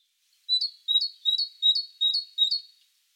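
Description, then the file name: Great tit song: six crisp two-note phrases in quick succession. "Parus major"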